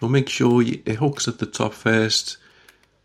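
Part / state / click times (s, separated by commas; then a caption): plastic back cover onto game controller front shell / seated / 2.7 s, 2.8 s. Someone talks while hooking the plastic back cover of a game controller over the top and pressing it onto the front shell. After the talk fades, two short sharp clicks land at 2.7 s and 2.8 s as the cover clicks into place, seated.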